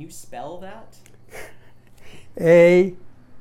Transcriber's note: chuckles